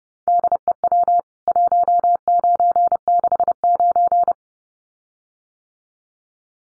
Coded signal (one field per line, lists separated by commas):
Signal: Morse code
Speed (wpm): 30 wpm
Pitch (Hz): 700 Hz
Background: none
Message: DEW 1969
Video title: CWT Exchange 30wpm